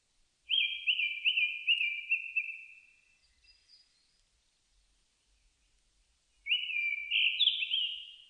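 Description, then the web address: Japanese thrush sings two whistled phrases: a long series of repeated notes sliding downward, then after a pause a rising phrase of slurred whistles. Recorded 4 May 2001. "2001 010504 kurotugumi"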